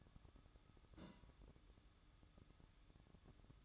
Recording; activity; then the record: daily activity, microphone in the room; place on stove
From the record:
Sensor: 3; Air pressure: 1008.0 hPa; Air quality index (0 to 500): 116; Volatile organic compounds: 1 ppm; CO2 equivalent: 964 ppm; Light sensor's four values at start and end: 8/19/8/7 and 8/20/8/8